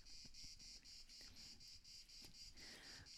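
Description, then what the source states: Crickets chirping: steady, high-pitched pulses repeated about four times a second throughout. Crickets chirping on an old organic farm in the south.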